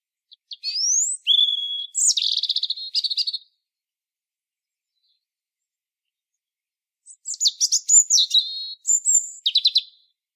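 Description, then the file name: European robin singing two high, varied phrases about four seconds apart, each mixing thin rising whistles with rapid tinkling trills. "Erithacus rubecula"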